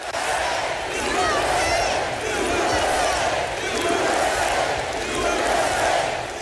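A large crowd at a Donald Trump rally in Milwaukee chants loudly in unison at his request, the roar swelling and falling in a steady rhythm as the same short phrase repeats about every two seconds.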